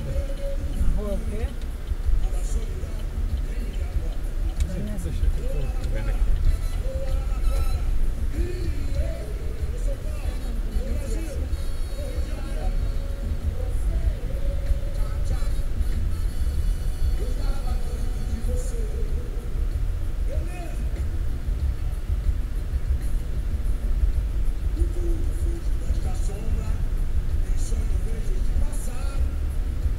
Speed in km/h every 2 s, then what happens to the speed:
8, 8, 7, 10, 12, 10, 10, 12, 10, 10, 11, 14, 18, 18, 15.
0-19 steady at about 10. 19-24 speeds up to 18. 24-30 steady at about 18.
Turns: 1-9.